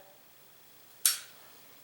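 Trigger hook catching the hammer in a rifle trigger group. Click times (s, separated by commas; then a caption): 1.1 s. The trigger of an AK-47 rifle is released, and the steel trigger resets as its hook catches the hammer again in the trigger group, which is being sanded and polished for smoothing. A single sharp, bright reset click sounds at 1.1 s against near silence, then quickly fades. The hook catches the hammer and the trigger is reset.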